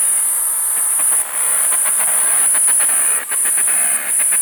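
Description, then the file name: Black cicada buzzing as a continuous shrill hiss, dipping briefly three times, over quick irregular clicking pulses. "atra"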